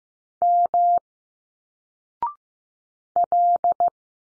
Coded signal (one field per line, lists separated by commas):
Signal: Morse code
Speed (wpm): 15 wpm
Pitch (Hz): 700 Hz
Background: none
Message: M L